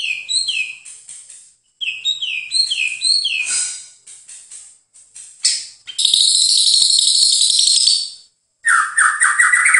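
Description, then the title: Bird song, quick repeated chirping phrases, then a loud sustained high buzzy trill, followed by fast warbled notes. "KICAU BURUNG"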